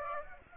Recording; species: mosquito wingbeat signal from an infrared sensor; Aedes aegypti